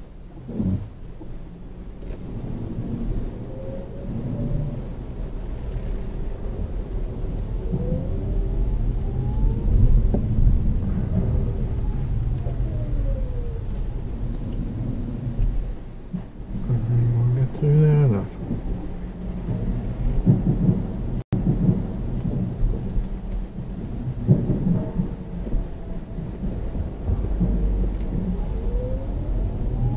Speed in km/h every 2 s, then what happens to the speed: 0, 2, 2, 5, 10, 11, 5, 0, 0, 0, 0, 0, 0, 3, 6.
0-4 standing. 4-10 pulls away to 11. 10-14 slows to 0. 14-25 standing. 25-30 pulls away to 6.